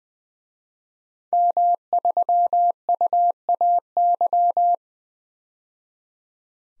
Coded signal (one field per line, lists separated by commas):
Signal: Morse code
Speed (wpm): 21 wpm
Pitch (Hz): 700 Hz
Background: none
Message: M3UAY